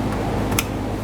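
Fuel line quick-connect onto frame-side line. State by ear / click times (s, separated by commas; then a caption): seated / 0.6 s. A fuel line quick-connect is pushed together onto the frame-side line of a 2007-2014 Chevrolet Silverado 2500 HD during a fuel pump replacement. Over a steady low hum, one sharp click sounds at 0.6 s as the connector seats. It is confirmed clicked in place so it won't come undone later.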